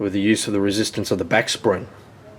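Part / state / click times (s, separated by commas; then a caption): folding tool implement into multi-tool handle detent / not seated / none. A fold-out implement on a steel Leatherman Juice XE6 multi-tool is handled as it is swung toward its detent, a notch near the pivot pin where the back spring snaps it into place. Someone talks throughout, and the sound fades quieter near the end. Nothing has seated or clicked yet.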